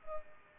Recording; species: mosquito wingbeat signal from an infrared sensor; Culex pipiens